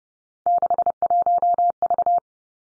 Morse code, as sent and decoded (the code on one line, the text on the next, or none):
-.... .---- ...-
61V